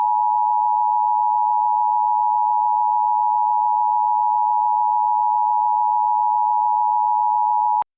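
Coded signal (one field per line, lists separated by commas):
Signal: Emergency Alert System (SAME) tones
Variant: 853 and 960 Hz attention tone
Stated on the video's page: A fictional EAS scenario with valid EAS tones.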